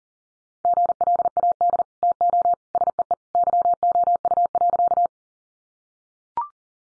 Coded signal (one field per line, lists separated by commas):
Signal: Morse code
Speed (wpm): 40 wpm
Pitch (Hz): 700 Hz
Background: none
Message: GLAD TO SEE YOU.